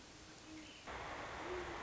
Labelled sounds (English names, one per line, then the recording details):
Great Horned Owl
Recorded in Sonoma County, California